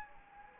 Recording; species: mosquito wingbeat signal from an infrared sensor; Anopheles gambiae